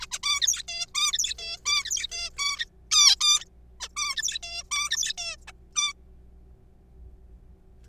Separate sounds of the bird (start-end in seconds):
0.01-0.06, 0.12-0.19, 0.23-0.63, 0.68-0.86, 0.95-1.12, 1.13-1.34, 1.38-1.57, 1.66-2.08, 2.11-2.30, 2.38-2.65, 2.91-3.16, 3.21-3.45, 3.81-3.88, 3.96-4.16, 4.17-4.38, 4.43-4.63, 4.71-4.90, 4.91-5.13, 5.18-5.36, 5.48-5.52, 5.76-5.93